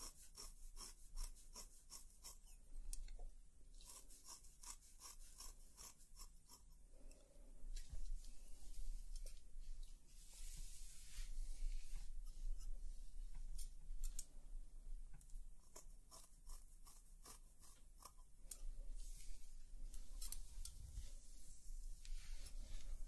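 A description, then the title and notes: Hair cutting with scissors, heard as rapid crisp snips in quick bursts that come and go across the whole span. Soft rubbing and brushing textures run beneath, with a low steady hum underneath and a brief thump near the twenty-one second mark. ASMR Relaxing Haircut Roleplay (Layered Sounds & Real Hair Cutting).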